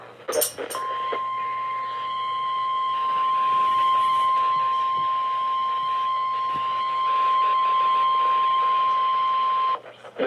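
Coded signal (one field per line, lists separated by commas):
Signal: Emergency Alert System (SAME) tones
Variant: 1050 Hz attention tone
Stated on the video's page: Severe Thunderstorm Warning from the State College, Pennsylvania weather office (CTP), recorded by another person.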